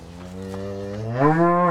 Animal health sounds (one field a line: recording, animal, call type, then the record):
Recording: contact call of a hoofed animal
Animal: cattle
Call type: low-frequency (closed-mouth) or high-frequency (open-mouth) call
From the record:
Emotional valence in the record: negative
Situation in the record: full separation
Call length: 1.71 s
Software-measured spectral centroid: 1140 Hz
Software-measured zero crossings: 1260 a second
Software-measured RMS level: -22 dBFS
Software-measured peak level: -5 dBFS